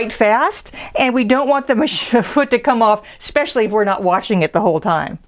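An embroidery foot is being handled and fastened onto a sewing machine's presser bar while someone talks throughout. No distinct click or impact is heard, and the foot has not seated yet.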